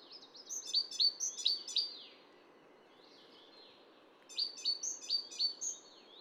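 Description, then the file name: Great tit calls: two fast series of high, chipping notes separated by a short pause, with steady hiss behind them. "Parus major"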